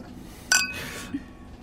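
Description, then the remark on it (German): Glasses clink together once in a toast, a bright ringing chime with a short shimmering tail that fades within half a second over quiet background noise. “Prost.”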